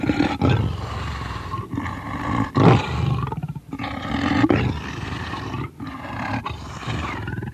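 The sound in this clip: Leopard giving several loud, harsh rasping roars separated by short breaks.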